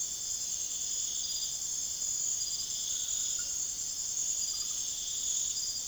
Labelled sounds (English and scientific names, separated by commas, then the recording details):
none
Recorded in secondary vegetation near Puerto Asís, Putumayo, Colombia, on 19 June 2025 at 01:00
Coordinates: 0.489, -76.322
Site G021